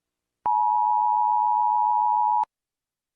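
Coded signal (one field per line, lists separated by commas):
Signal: Emergency Alert System (SAME) tones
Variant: 853 and 960 Hz attention tone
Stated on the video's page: Fictional analog horror EAS footage, not a real alert.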